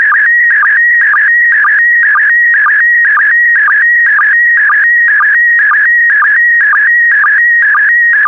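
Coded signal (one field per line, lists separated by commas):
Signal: SSTV (slow-scan television)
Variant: PD120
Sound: warbling tone near 1.9 kHz with a short low blip about twice a second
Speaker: complete. You can now check your decoded image against the picture that is shown on the video.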